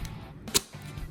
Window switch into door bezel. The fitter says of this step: boom clicks right in and then you got your locks